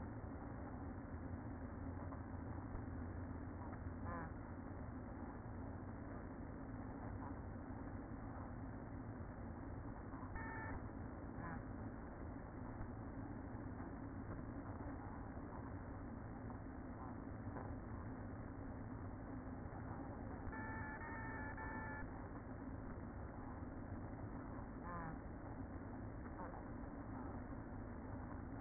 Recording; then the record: honeybee colony, microphone inside the hive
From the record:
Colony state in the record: queen present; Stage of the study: after two queens were removed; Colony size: about 60,000 bees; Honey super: yes